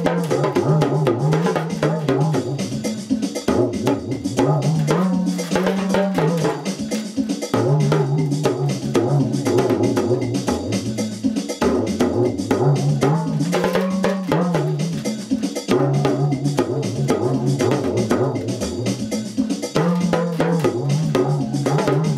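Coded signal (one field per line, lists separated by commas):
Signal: talking drum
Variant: English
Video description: My Remo Talking drum recites 2 old nursery rhymes; Baa, baa, black sheep, have you any wool?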